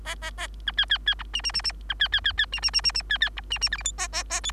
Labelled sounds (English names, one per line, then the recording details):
Bengalese Finch song
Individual Bird3